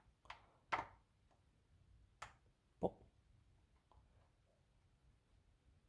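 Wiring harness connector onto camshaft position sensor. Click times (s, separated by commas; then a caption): 2.2 s. The wiring harness connector is pushed onto a new camshaft position sensor on the engine of a BMW X3 E83. A few short knocks are heard in an otherwise quiet stretch. The connector clicks and seats at 2.2 s.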